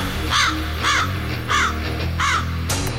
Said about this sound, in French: Enfin, le printemps est arrivé pour vrai. La neige fond, la verdure apparaît, les oiseaux chantent et CKRL prépare sa programmation d'été.